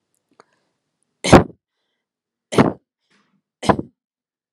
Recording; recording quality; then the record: shallow voluntary cough; moderate, slight background noise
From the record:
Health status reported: COVID-19 positive, mild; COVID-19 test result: positive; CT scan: not taken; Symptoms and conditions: cold, fever, fatigue, hypertension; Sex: female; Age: 54 years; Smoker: no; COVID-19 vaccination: both doses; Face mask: not worn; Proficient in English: yes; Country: India